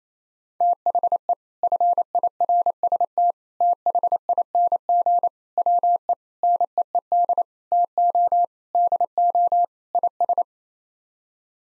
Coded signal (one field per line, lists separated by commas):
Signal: Morse code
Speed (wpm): 28 wpm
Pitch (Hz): 700 Hz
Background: none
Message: THE FIRST THING WE NEED TO DO IS